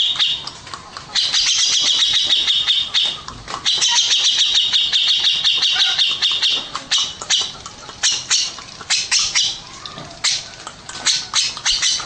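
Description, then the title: Grey-cheeked bulbul delivering long runs of harsh, buzzy chatter, broken by short gaps, then turning into choppier separate bursts toward the end. "Cucak Jenggot"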